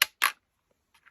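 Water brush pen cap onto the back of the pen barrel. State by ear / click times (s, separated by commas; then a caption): not seated / none. The plastic cap of a water brush pen is pushed onto the back end of the pen barrel, making two sharp plastic taps near the start, a quiet gap, then faint light ticks and a final tap. The cap goes on but does not click or hold and falls off, so nothing has seated or clicked.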